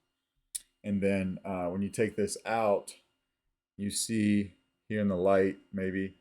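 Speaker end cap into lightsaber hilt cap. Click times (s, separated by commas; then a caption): 0.6 s. A removable speaker end cap holding a 28 mm Smuggler's Outpost Elite speaker is pushed into the metal cap section of a Magic of Myth lightsaber hilt with a Proffie build, and it locks in place with a single sharp tick at 0.6 s. Someone talks throughout the rest of the clip.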